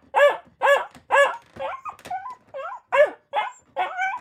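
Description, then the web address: Akita puppy giving three loud yaps, then a few warbling whiny yelps, followed by more barks mixed with whines. Akita puppy barking in a cage kennel. "Blastwave ANIMALS Dog Akita Puppy. dog akita puppy bark in cage kennel"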